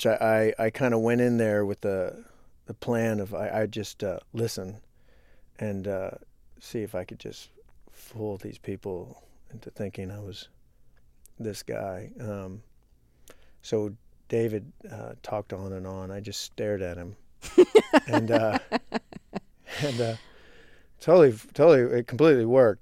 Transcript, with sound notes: I kind of went in there with the plan of I'd just listen and see if I could just fool these people into thinking I was this guy. So David talked on and on. I just stared at him.
(SOUNDBITE OF LAUGHTER)
And it totally - it completely worked.